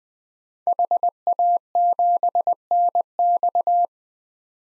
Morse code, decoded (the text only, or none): HA7NX